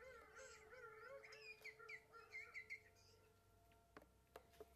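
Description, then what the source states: Emperor penguin chick calls: wavering, whistled trills that rise and dip for about three seconds, then fade, followed by a few sharp clicks. Emperor penguin crèches, nurseries of chicks; the only penguin living at the South Pole, where it raises its chicks; Antarctica.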